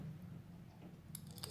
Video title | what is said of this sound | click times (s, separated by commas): Dodge Caravan Key Fob Battery Replacement (2004 - 2007) | like that, it clicks back into place. | 1.2 s, 1.4 s